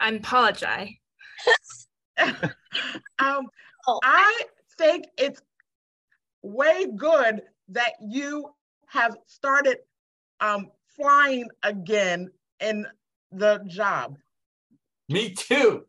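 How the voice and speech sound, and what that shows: A slow, halting adult voice speaks in short bursts broken by long pauses, 'um' fillers and stretched sounds, with slightly odd phrasing. This effortful, hesitant speech fits aphasia after stroke, where finding and ordering words is difficult.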